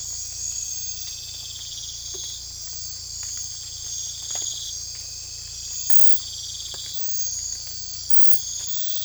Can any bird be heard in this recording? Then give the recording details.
no. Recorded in secondary vegetation near Puerto Asís, Putumayo, Colombia, on 18 December 2024 at 03:30. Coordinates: 0.499, -76.323. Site G010